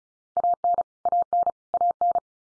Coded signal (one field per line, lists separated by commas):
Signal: Morse code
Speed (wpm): 34 wpm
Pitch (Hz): 700 Hz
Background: none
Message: AN AN AN